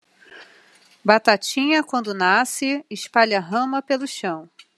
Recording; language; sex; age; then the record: short text; Brazilian Portuguese; female; 30 to 39 years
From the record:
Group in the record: control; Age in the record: 38 years